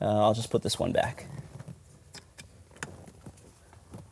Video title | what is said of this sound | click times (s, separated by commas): Mercedes C230 Fuel Filter Level Sender Replacement and Fuel Pump Removal DIY (Mercedes W203) | And normally there's gonna be an audible click when it goes in place, but the tabs are kind of marred, kind of damaged. So in this case, you didn't hear it. | none